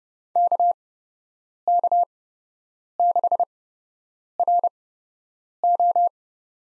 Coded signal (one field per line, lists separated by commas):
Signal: Morse code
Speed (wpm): 30 wpm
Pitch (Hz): 700 Hz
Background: none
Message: KK6RO